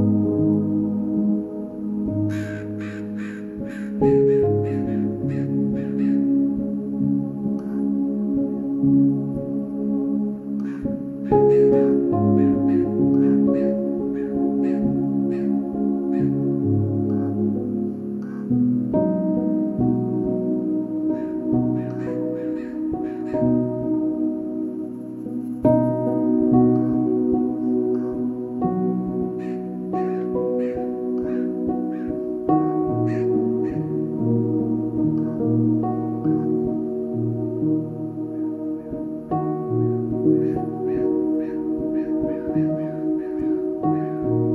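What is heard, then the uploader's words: A dense, unbroken chorus of birds calling at the Nestucca Bay National Wildlife Refuge, with many harsh, cawing and honking voices overlapping for the full 45 seconds. The calls are low to mid-pitched, and sharper, brighter bursts stand out every few seconds. The Nestucca Bay National Wildlife Refuge.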